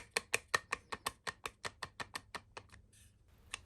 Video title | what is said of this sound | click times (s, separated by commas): Strike Industries Mod 1 buttstock review: Good option for a budget stock | It's not stiff at all and it locks in place pretty well. | 0.2 s, 0.3 s, 0.5 s, 0.7 s, 1.1 s, 1.5 s